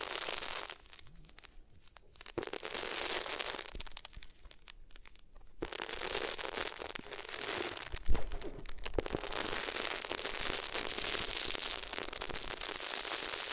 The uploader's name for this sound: Rubbing Your Ears on Different Materials